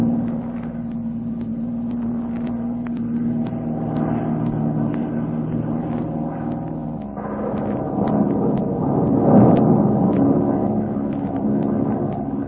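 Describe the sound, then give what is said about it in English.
An underpowered propeller plane engine drones steadily in flight, a low buzzing hum that grows rougher and louder partway through, with faint rattles and clicks over it and no voices. “This plane is too underpowered to climb above it. We'll try to go right through.”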